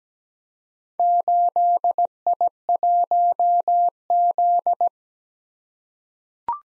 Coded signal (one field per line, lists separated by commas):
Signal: Morse code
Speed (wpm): 17 wpm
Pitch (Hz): 700 Hz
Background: none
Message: 8I1Z